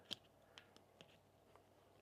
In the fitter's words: And then it clicks into place.